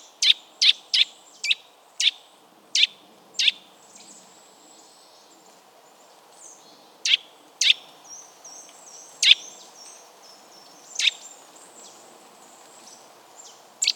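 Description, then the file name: Eurasian nuthatch giving sharp, high calls, a quick series of seven in the first four seconds, then scattered single notes, with faint twittering between them. "Sitta europaea"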